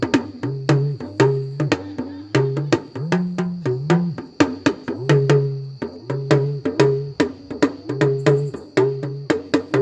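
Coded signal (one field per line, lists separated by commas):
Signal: talking drum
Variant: Yoruba dùndún, oriki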